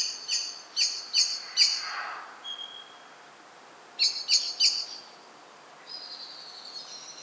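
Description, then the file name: Common blackbird calling in two bursts of hard, clicking chinks with a brief thin whistle between them, then a soft drawn-out note. "Turdus merula"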